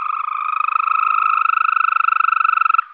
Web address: Green Toad